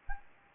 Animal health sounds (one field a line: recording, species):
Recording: mosquito wingbeat signal from an infrared sensor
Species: Anopheles gambiae